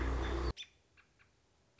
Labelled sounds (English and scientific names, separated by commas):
American Robin (Turdus migratorius)